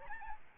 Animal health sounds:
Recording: mosquito wingbeat signal from an infrared sensor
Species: Aedes albopictus

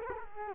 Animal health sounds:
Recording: mosquito wingbeat signal from an infrared sensor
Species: Culex quinquefasciatus

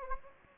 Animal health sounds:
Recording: mosquito wingbeat signal from an infrared sensor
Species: Anopheles gambiae

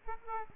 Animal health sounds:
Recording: mosquito wingbeat signal from an infrared sensor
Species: Aedes aegypti

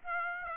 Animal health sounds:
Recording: mosquito wingbeat signal from an infrared sensor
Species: Aedes aegypti

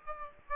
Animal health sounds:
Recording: mosquito wingbeat signal from an infrared sensor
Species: Aedes aegypti

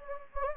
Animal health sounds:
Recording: mosquito wingbeat signal from an infrared sensor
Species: Anopheles gambiae

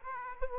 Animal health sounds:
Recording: mosquito wingbeat signal from an infrared sensor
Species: Aedes aegypti

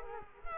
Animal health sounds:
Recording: mosquito wingbeat signal from an infrared sensor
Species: Culex quinquefasciatus

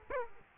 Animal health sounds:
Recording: mosquito wingbeat signal from an infrared sensor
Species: Aedes aegypti

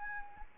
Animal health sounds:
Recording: mosquito wingbeat signal from an infrared sensor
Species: Anopheles arabiensis

